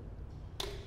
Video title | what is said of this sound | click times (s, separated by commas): VTUVIA SX20 ANTELOPE Step Thru Folding E-Bike [Viaje MNL] | B na return na natin yung battery naka-lock na so itong | 0.6 s